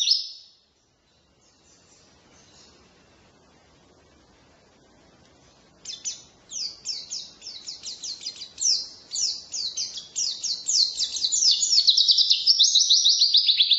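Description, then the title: White-eye song: a brief burst, a quiet stretch, then rapid high twittering that grows louder toward the end. Forest-type white-eye ('ngalas'), isian filler song used for masteran, tutoring captive songbirds. "mster Mnuk. Pleci ngalas isian untuk masteran"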